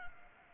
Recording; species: mosquito wingbeat signal from an infrared sensor; Culex pipiens